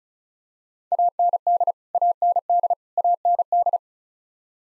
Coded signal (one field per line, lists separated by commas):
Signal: Morse code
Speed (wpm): 36 wpm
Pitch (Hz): 700 Hz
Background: none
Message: AND AND AND